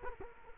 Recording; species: mosquito wingbeat signal from an infrared sensor; Culex quinquefasciatus